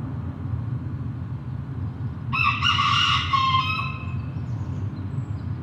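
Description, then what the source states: Chicken: rooster crowing once, a harsh cock-a-doodle-doo lasting about a second and a half, over a steady low rumble of road traffic. Recorded with road traffic in the background.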